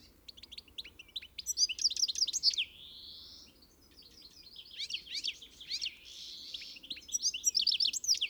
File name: Carduelis carduelis